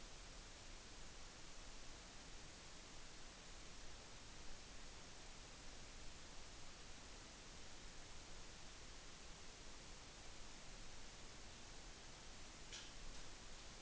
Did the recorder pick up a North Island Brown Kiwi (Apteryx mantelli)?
no